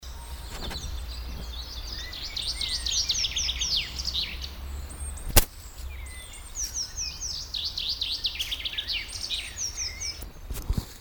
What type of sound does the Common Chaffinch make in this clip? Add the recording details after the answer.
song. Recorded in the wild. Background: Cyanistes caeruleus. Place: Lanke, Brandenburg, DE. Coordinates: 52.7525, 13.5775. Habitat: lake. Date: 1997-03-30 17:56. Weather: fair, 5°C, wind. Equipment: Sony MD-WM MZ-R3, Sennheiser MKH 416 T, Kopie Uher 4000 Report Monitor. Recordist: Tembrock, Günter. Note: Am Hellsee. 15:32-16:28)